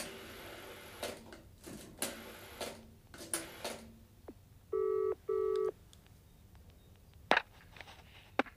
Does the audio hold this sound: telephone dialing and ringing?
yes